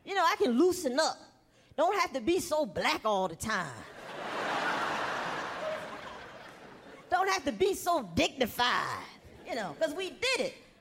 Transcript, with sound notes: You know, I can loosen up. I don't have to be so black all the time.
(LAUGHTER)
Don't have to be so dignified, you know, because we did it.